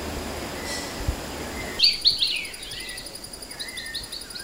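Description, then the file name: Temminck's babbler calling: three sharp, falling chirps begin after a quiet start, followed by softer notes, with a high-pitched insect drone behind. Recorded on 14 August 2009. "20090814"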